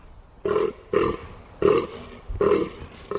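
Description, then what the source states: Fallow deer groaning in several deep, harsh, cough-like bursts. Described as a deep cough-like groan.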